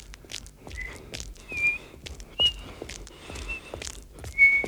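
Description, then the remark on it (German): A person whistles a few short, thin, high notes in scattered bursts, each held briefly, amid irregular tapping and clattering sounds with no talking. “Pfeifen. Aus Angst auch das Pfeifen abzulegen.”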